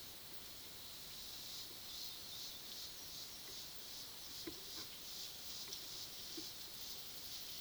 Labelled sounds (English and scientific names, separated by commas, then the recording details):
none
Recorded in pastures near Puerto Asís, Putumayo, Colombia, on 20 February 2024 at 11:00
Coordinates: 0.497, -76.327
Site G7276